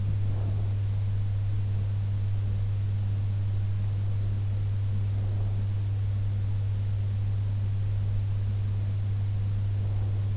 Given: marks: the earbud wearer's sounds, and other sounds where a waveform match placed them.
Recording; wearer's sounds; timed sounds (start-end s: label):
sounds in sleep by an in-ear microphone; breath
0.00-0.89 s: breath
4.99-5.83 s: breath
9.43-10.37 s: breath